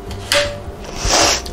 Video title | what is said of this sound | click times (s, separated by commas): Cuisinart Prep 7 Food Processor | did you hear the click | 0.3 s